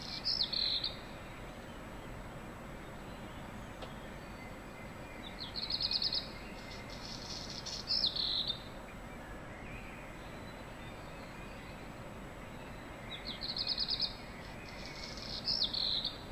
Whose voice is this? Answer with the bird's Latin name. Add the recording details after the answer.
Phoenicurus ochruros. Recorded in the wild. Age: adult. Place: Untertweng, AT. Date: 1972-05-14. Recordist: Brunner, Thomas. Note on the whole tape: Aufnahme: Untertweng, Gegental, Kärnten